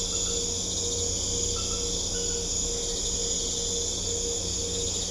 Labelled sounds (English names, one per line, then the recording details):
none
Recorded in secondary vegetation near Puerto Asís, Putumayo, Colombia, on 21 December 2024 at 20:30
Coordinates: 0.500, -76.326
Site G065